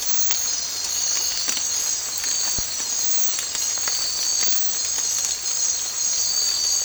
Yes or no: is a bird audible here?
no